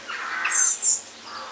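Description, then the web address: Bird call, a brief harsh rasping note followed by thin, high squeaky whistles, over in little more than a second. "musicradar outdoor-samples Birds GO Birds Various"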